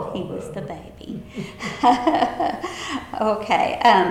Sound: laughter

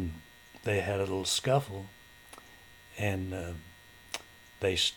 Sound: none

